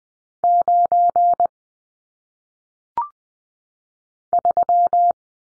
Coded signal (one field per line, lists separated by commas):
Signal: Morse code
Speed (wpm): 20 wpm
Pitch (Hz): 700 Hz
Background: none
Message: 9 3